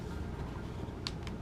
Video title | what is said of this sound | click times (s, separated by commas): Yoko Sniper Rifle Ver.4 Assembly & Maintenance Video | when you got to put it in you want to push it until you hear the click and then you know it's locked in | 1.1 s